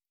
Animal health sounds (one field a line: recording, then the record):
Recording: hydrophone in a shrimp aquaculture tank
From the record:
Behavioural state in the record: feeding